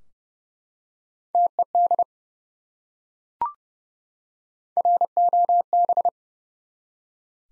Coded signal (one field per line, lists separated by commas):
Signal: Morse code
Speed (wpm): 30 wpm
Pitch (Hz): 700 Hz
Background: none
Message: TED ROB